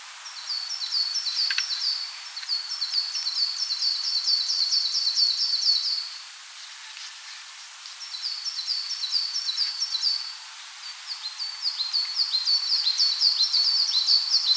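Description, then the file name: Coal tit song: bouts of quick, high, repeated paired notes, three runs each several seconds long with brief gaps. "Parus ater"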